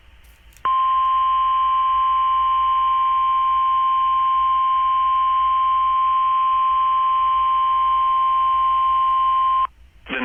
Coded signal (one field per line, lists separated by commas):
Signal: Emergency Alert System (SAME) tones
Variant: 1050 Hz attention tone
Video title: (EAS#173) Special Marine Warning